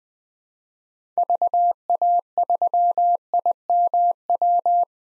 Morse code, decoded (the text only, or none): VA3IMW